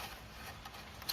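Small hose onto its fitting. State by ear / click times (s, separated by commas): not seated / none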